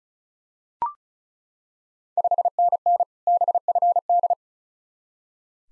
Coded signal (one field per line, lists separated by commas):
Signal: Morse code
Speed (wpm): 36 wpm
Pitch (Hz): 700 Hz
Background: none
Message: 5NN BFD